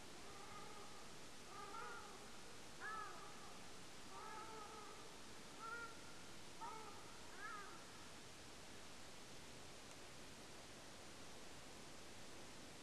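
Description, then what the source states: Ruddy shelduck flight calls: a series of nasal, trumpeting honks roughly every second through the first eight seconds, some with a slight upward inflection, then only constant low hiss. Nocturnal flight calls recorded at Lingshan, Beijing, on 21 April 2024 at about 02:57.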